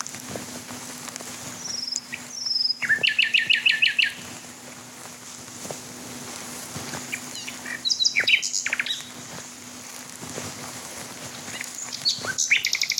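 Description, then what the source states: Common Nightingale song: short phrases of sharp whistles and rapid buzzy trills, separated by pauses of several seconds, over a steady low hum. Singing male heard from closer range as the recordist moves nearer, in fields with trees.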